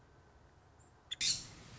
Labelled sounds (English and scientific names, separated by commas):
Nuttall's Woodpecker (Dryobates nuttallii)